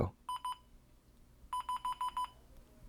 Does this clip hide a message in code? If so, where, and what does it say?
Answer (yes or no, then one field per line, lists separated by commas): no